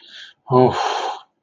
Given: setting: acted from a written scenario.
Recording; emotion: vocal sound without words; ecstasy